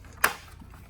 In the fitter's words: snaps into place there you can see the big part of the turret but there's also going to be a loot back here as well